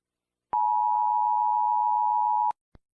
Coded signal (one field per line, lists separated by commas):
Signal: Emergency Alert System (SAME) tones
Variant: 853 and 960 Hz attention tone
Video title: EAS Scenario/Mock #8 - WW3